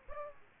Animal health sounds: mosquito wingbeat signal from an infrared sensor; Aedes aegypti

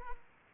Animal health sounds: mosquito wingbeat signal from an infrared sensor; Aedes aegypti

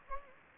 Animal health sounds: mosquito wingbeat signal from an infrared sensor; Anopheles gambiae

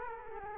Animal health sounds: mosquito wingbeat signal from an infrared sensor; Culex quinquefasciatus

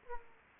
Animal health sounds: mosquito wingbeat signal from an infrared sensor; Aedes aegypti

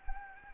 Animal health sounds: mosquito wingbeat signal from an infrared sensor; Anopheles gambiae

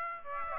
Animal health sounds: mosquito wingbeat signal from an infrared sensor; Aedes aegypti

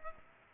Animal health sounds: mosquito wingbeat signal from an infrared sensor; Culex pipiens

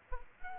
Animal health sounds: mosquito wingbeat signal from an infrared sensor; Aedes aegypti

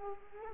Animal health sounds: mosquito wingbeat signal from an infrared sensor; Culex quinquefasciatus

